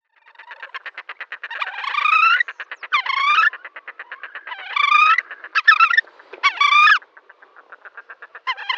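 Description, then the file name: Giant coot calls, harsh nasal honking phrases rich in harmonics, alternating with rapid pulsed clicking trains, loud and repeated throughout. "gallagiga"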